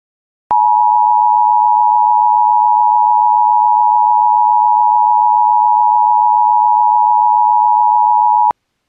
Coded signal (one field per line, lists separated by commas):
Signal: Emergency Alert System (SAME) tones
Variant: 853 and 960 Hz attention tone